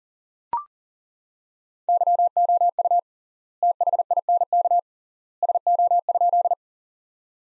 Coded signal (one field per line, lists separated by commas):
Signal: Morse code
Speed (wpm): 40 wpm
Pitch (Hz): 700 Hz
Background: none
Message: YOU THINK SO?